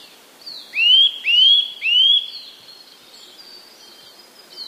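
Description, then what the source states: Eurasian nuthatch calling with three loud rising whistled notes in quick succession, followed by fainter high chirps and twitters in the background. Varied calls.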